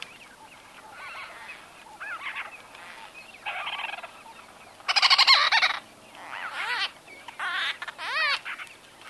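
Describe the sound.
White-fronted bee-eater chatters in separate bursts of rapid rolling trills, with short quiet gaps between.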